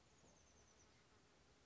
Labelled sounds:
Oak Titmouse (Baeolophus inornatus)
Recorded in Sonoma County, California

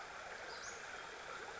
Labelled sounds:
Western Flycatcher (Empidonax difficilis)
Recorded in Sonoma County, California

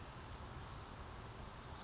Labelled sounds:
Western Flycatcher (Empidonax difficilis)
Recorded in Sonoma County, California

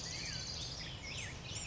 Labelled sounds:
Black-headed Grosbeak (Pheucticus melanocephalus)
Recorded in Sonoma County, California

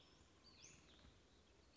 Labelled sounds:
Western Flycatcher (Empidonax difficilis)
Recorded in Sonoma County, California

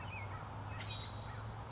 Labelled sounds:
California Towhee (Melozone crissalis)
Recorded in Sonoma County, California

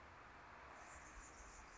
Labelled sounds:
Anna's Hummingbird (Calypte anna)
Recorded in Sonoma County, California

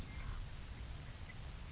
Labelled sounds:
Grasshopper Sparrow (Ammodramus savannarum)
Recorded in Sonoma County, California

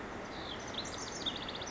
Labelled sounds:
House Wren (Troglodytes aedon)
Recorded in Sonoma County, California

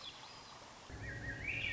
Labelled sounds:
Swainson's Thrush (Catharus ustulatus)
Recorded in Sonoma County, California

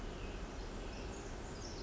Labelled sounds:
Pacific Wren (Troglodytes pacificus)
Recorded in Sonoma County, California

